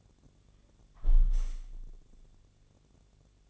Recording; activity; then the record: daily activity, microphone in the room; close window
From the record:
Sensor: 4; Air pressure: 1001.2 hPa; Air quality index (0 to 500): 163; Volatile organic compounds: 2 ppm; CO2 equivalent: 1171 ppm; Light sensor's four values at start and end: 12/29/12/12 and 12/29/12/12